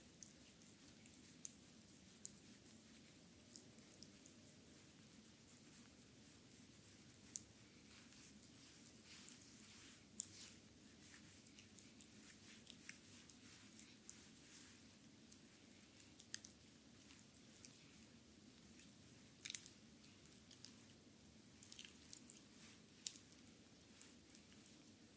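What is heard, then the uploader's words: Feet are massaged with cream, giving soft, wet squishing and rubbing that runs steadily for the whole stretch. Quick slick smacks and sticky clicks break through every second or two, a little busier after twenty seconds, over a low, muffled rumble underneath. ASMR Foot, feet Massage with cream by Adel.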